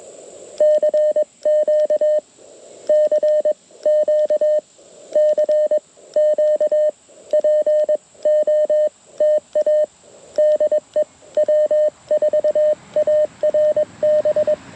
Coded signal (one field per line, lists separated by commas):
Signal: Morse code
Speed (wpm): 21 wpm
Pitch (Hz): 610 Hz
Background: radio noise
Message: CQ CQ CQ POTA DE W4ARB